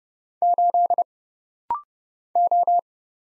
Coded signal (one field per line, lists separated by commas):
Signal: Morse code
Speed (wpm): 30 wpm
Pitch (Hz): 700 Hz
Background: none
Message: 8 O